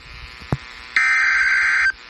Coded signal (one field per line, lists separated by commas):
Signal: Emergency Alert System (SAME) tones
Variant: header bursts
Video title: Eas Fwd FFW on KEC56 Eas#1805